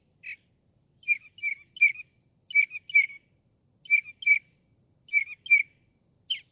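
Northern mockingbird song: short phrases of two or three high notes, repeated in several groups with brief pauses between.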